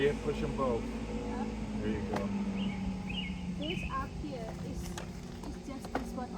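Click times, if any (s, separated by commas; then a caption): none. An Evenflo infant car seat carrier is handled at its base in a car while someone talks over faint music, with a few short knocks and taps scattered through the clip. The carrier has not yet been pushed down into the base, and nothing has seated or clicked yet.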